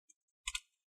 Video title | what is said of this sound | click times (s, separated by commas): How to Replace Battery for HP 15-da0019 Laptop - Step by Step🔋 | just keep flipping it backward and you hear a few clicks | 0.5 s